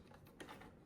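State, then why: Seated. A small plastic tail light guard, with an arm sticking out and a hole at the back, is pressed onto the body of a 1/14 RC crawler. A sharp click at 0.4 s marks it snapping into place, with fainter ticks around it against a quiet background. The guard is seated.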